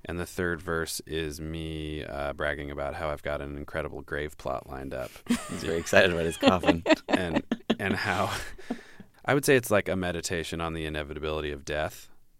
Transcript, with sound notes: And the third verse is me bragging about how I've got an incredible grave plot lined up.
He's very excited about his coffin.
(LAUGHTER)
And how - I would say it's like a meditation on the inevitability of death.